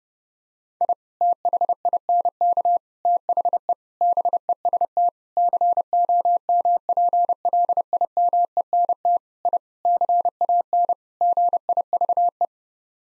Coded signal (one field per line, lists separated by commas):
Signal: Morse code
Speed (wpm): 32 wpm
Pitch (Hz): 700 Hz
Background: none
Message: I THINK THE BEST COMPLIMENT I CAN GIVE